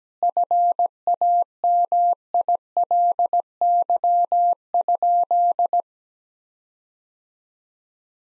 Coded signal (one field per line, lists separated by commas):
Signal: Morse code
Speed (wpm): 17 wpm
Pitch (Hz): 700 Hz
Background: none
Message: FAMILY?